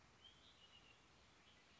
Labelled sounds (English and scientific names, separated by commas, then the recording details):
Red-winged Blackbird (Agelaius phoeniceus)
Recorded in Sonoma County, California